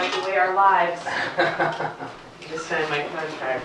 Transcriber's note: soundbite of laughter